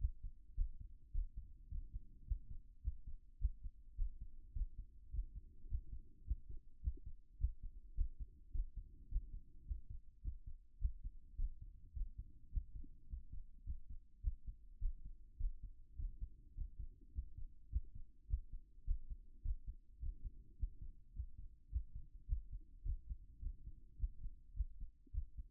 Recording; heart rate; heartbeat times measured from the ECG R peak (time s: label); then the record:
heart sounds by stethoscope; 105 bpm
0.54 s: heartbeat
1.11 s: heartbeat
1.68 s: heartbeat
2.25 s: heartbeat
2.81 s: heartbeat
3.38 s: heartbeat
3.95 s: heartbeat
4.53 s: heartbeat
5.10 s: heartbeat
5.67 s: heartbeat
6.24 s: heartbeat
6.81 s: heartbeat
7.37 s: heartbeat
7.94 s: heartbeat
8.51 s: heartbeat
9.08 s: heartbeat
9.65 s: heartbeat
10.21 s: heartbeat
10.78 s: heartbeat
11.35 s: heartbeat
11.93 s: heartbeat
12.50 s: heartbeat
13.07 s: heartbeat
13.63 s: heartbeat
14.21 s: heartbeat
14.79 s: heartbeat
15.37 s: heartbeat
15.96 s: heartbeat
16.54 s: heartbeat
17.12 s: heartbeat
17.69 s: heartbeat
18.26 s: heartbeat
18.84 s: heartbeat
19.42 s: heartbeat
19.99 s: heartbeat
20.56 s: heartbeat
21.13 s: heartbeat
21.69 s: heartbeat
22.26 s: heartbeat
22.83 s: heartbeat
23.39 s: heartbeat
23.96 s: heartbeat
24.54 s: heartbeat
25.11 s: heartbeat
From the record:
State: after exercise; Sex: male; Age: 40 years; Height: 190 cm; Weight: 114 kg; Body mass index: 31.58